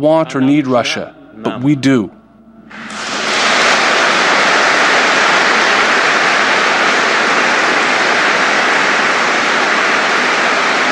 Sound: applause